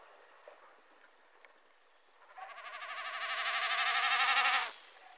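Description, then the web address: Common snipe drumming: a bleating, fast-pulsed tremolo swelling in loudness for about two seconds, then stopping abruptly. Recorded during a family trip to a cabin. "family hyttetur -lyd enkeltbekkasin"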